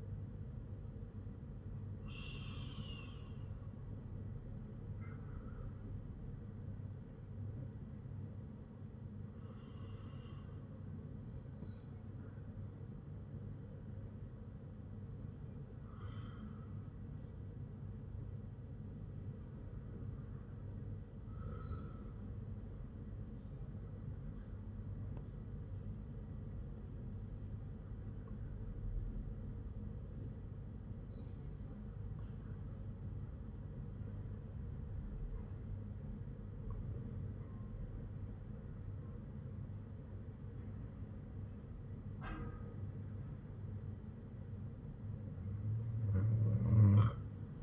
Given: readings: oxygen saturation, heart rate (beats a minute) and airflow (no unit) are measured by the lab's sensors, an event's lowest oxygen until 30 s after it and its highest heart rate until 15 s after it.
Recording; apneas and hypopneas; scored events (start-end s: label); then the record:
breathing in sleep by a smartphone at the bedside; 1
7.00-39.30 s: hypopnea (N1, oxygen 98% highest, then 95% lowest, heart rate 57 at the start, 60 highest)
15.00-47.63 s: new sleep stage, REM sleep
From the record:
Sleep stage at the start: N1 (lightest sleep); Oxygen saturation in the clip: 96 to 98%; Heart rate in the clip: 53 to 58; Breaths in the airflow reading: 8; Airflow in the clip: -6.8 to 7.8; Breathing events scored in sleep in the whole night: 182 in 7.4 hours asleep